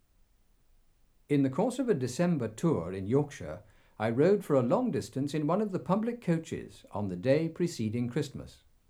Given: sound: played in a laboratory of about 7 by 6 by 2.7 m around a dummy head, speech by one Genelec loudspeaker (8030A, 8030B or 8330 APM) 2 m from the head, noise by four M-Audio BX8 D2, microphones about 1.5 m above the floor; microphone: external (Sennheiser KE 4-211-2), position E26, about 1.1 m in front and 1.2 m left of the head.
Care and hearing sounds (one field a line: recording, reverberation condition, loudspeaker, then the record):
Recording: male speech in English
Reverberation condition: low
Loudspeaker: 30 degrees to the left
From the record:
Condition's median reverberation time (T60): about 310 ms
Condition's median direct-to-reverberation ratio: about 3.5 dB